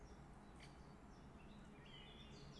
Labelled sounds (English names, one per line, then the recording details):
Great Spotted Woodpecker
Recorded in Germany
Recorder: ecoPi